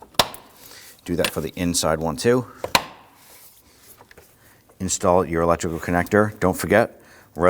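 On a 2013-2019 Ford Police Interceptor Utility 3.7L V6, during intake VVT solenoid replacement, the air filter housing lid is pushed down and a metal lock tab on the lid is pressed closed. It gives a sharp snap at 0.2 s as the tab snaps shut and seats. Someone talks through the rest of the clip.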